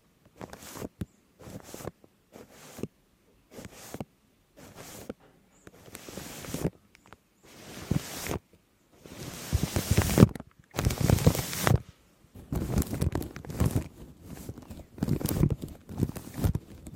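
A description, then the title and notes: Dense bursts of foamy crackling and crinkling sound, like shaving cream worked over a microphone, each lasting about a second and separated by short silences. The bursts grow longer, louder and fuller after about six seconds, with deep squishy thumps underneath the bright crackle. ASMR for Charity Shaving Cream on the Mic + Intense Crinkles.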